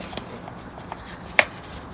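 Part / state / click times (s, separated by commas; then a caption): engine filter element into filter housing rim / seated / 1.4 s. The rubber edge of a pleated engine filter element is squished by hand into the outer rim of its plastic filter housing during a service on a Mercedes G500 G Wagon with the M113 V8. Faint handling taps come at about 0.2 s and 0.9 s before a sharp, bright click at 1.4 s as the edge goes in. The filter element is left seated nicely in the housing rim.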